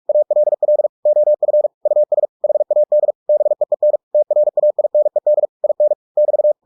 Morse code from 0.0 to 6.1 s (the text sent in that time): ALL OF US HAD BEEN TRAINED IN